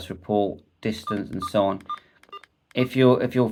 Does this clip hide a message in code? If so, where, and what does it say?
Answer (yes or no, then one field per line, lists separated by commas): no